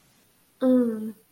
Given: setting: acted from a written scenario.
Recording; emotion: vocal sound without words; desire